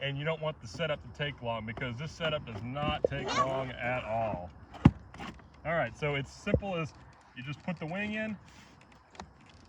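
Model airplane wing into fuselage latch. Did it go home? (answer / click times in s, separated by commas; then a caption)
yes / 9.1 s, 9.2 s. Someone talks while the first wing of a large foam RC jet is slid onto the fuselage. Its latch locks with a double click at 9.1 and 9.2 seconds, seating the wing.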